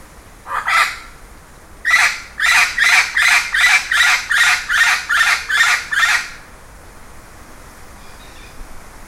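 Bird calls, one harsh note, then a brisk run of many evenly spaced grating squawks, followed by quiet.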